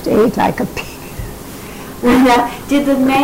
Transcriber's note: laughing